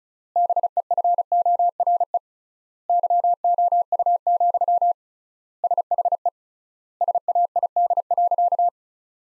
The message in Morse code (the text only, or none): BEFORE YOU, SHE SAID.